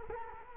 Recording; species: mosquito wingbeat signal from an infrared sensor; Culex quinquefasciatus